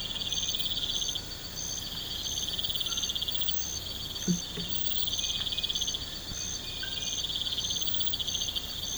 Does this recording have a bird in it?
no